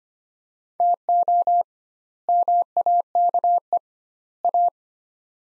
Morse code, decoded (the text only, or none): TO MAKE A